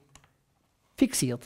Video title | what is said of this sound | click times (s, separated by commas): Festool TV Folge 133: Aufbau der mobilen Werkstatt MW 1000 | wird eingerastet und ebenfalls mit einer schraube fixiert | 0.1 s